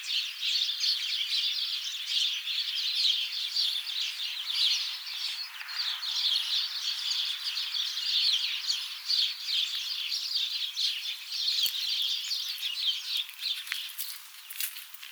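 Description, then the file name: House sparrows chirping in a dense, continuous chorus of overlapping short chirps, steady throughout with a few sharper notes near the end. "Passer domesticus"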